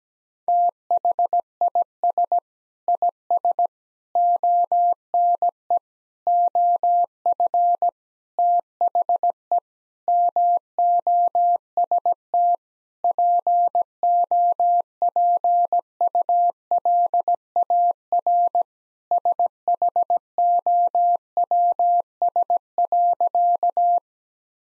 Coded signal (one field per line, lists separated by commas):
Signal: Morse code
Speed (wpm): 17 wpm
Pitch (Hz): 700 Hz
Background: none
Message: THIS IS ONE OF THE MOST POPULAR SHOWS.